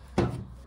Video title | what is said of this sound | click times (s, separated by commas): Bosch Maxx 7 Series washing machine: Heater Replacement for RCD Tripping Issues! | until the clips snap into place | 0.2 s